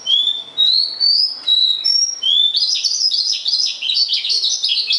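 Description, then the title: Javan bush lark song: clear, mostly rising whistled notes separated by short gaps, then a rapid jumble of high chirps and trills. "Suara Burung Branjangan"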